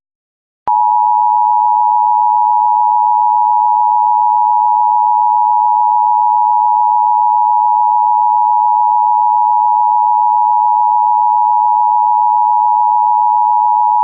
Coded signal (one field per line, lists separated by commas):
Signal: Emergency Alert System (SAME) tones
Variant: 853 and 960 Hz attention tone